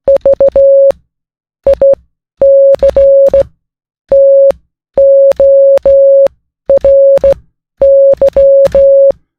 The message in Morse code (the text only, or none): VICTORY